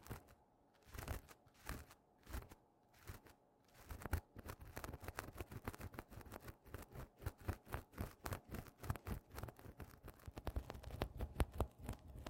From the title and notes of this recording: TimASMR-Mini-Scratching on Tapestry Cushions in Macro (NO TALKING).